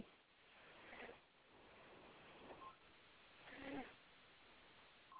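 Soft, rhythmic, breathy rasping swells come about every 1.3 seconds, roughly 45 breaths a minute, thin and muffled as if over a phone line. This is a sleeping baby's gentle snoring, with faint background hiss throughout.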